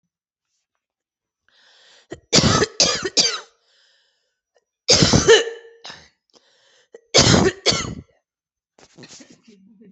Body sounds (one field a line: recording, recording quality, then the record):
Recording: heavy voluntary cough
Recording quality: excellent, no background noise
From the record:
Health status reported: recovered from COVID-19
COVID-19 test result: positive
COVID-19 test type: RT-PCR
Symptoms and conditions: cough, cold, sore throat, muscle pain, diabetes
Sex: female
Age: 42 years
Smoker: no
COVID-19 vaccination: both doses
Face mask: worn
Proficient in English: yes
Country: India